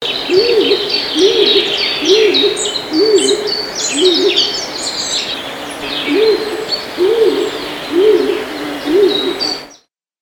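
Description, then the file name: Stock dove cooing: a series of low, hollow coos, each rising then falling, repeated roughly once a second with a brief pause midway, while small birds chirp and twitter in the background. "klintukh"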